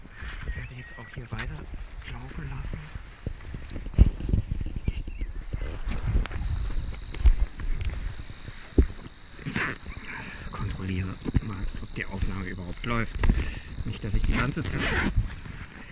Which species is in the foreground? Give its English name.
Sedge Warbler